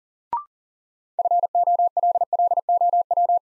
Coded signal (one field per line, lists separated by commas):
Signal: Morse code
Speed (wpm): 39 wpm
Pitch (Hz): 700 Hz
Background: none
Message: FOLLOW